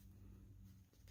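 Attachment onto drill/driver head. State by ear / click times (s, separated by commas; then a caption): not seated / none. An attachment, most likely a FlexiClick attachment, is being fitted onto the head of a Bosch GSR12V-300FCB22 FlexiClick 12V brushless compact drill/driver. A steady low hum and soft handling noise are heard, with a brief dip near 0.9 s. Nothing has seated or clicked yet.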